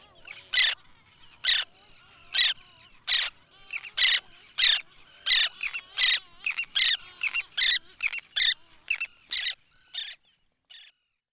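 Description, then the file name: Roseate tern chicks giving harsh, squawky calls, repeated in a long run of short bursts that come closer together after the first few. "Cantos Crias Garajau Rosado"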